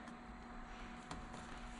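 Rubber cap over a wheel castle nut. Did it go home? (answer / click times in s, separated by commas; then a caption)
yes / 1.1 s. A rubber dress cap is worked over the wheel castle nut of a DRR USA EV ATV and given a turn to lock it on, just to dress the nut up. Over a steady background hum with faint tones, a single faint, short hit at 1.1 s marks the cap seating, and it is confirmed locked on.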